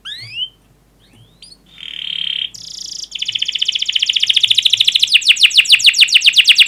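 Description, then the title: Canary song opening with scattered chirps and a steady whistled note, then building into rapid trills of repeated high notes that grow louder toward the end. Fast, dense chirping canary song used as a lure to teach young canaries to sing. "Kenari Gacor Speed RAPAT Cuit Cuit Ngero L Suara Bagus Untuk Pancingan Kenari Paud Belajar Bunyi"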